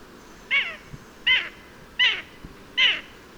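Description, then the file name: Eurasian jay uttering four loud, hoarse, downward-slurred calls spaced evenly about three-quarters of a second apart. "Garrulus glandarius"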